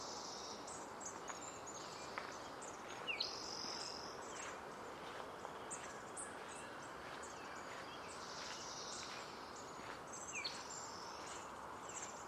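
Birdsong at Hoyt Arboretum in Portland, Oregon: bright, thin chirps and short whistled phrases come and go throughout, with a clearer run of calls around three to four seconds. Beneath them sits a steady, even hiss that never lets up.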